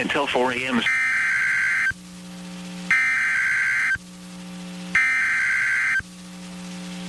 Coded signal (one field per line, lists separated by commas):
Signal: Emergency Alert System (SAME) tones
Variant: header bursts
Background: speech